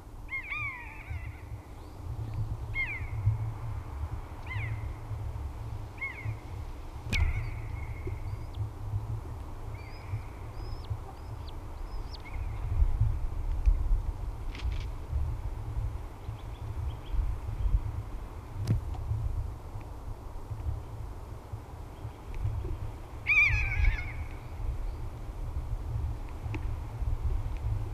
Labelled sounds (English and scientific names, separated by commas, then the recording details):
Common Buzzard (Buteo buteo) call
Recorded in the wild
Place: Karlstal, Rheinland-Pfalz, DE
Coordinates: 49.3511, 7.75639
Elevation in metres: 350
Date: 1972-03-24
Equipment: Uher 4000
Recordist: Tretzel, Erwin